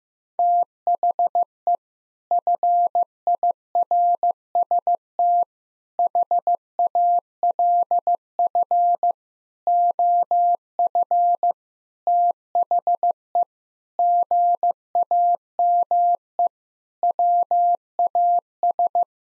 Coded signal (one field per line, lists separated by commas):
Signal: Morse code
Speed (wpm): 15 wpm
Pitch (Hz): 700 Hz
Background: none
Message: THE FIRST HALF OF THE GAME WAS